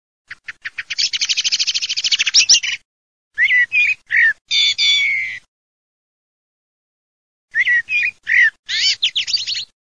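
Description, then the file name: Common blackbird calling: a fast run of sharp chattering clicks building up, then bursts of high squeaky notes, a long pause, and more squeaky bursts. "MERLOVIN"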